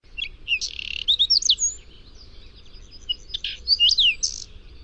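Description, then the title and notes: Whinchat song: two short, scratchy phrases of quick varied chirps and buzzy notes, high-pitched, separated by a brief pause, with a low steady background rumble. "Lyden av buskskvett by forskningno"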